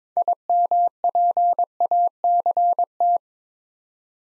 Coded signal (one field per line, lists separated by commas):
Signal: Morse code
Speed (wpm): 22 wpm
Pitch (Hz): 700 Hz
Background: none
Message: IMPACT